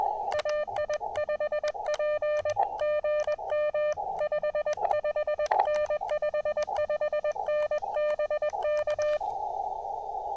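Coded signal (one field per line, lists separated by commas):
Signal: Morse code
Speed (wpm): 21 wpm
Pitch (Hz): 600 Hz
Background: none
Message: AI5P GM 55N 55N BK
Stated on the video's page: QRP CW park activation at 5 watts, sent with paddles on an Elecraft KX2 into a Packtenna Mini end-fed half-wave antenna.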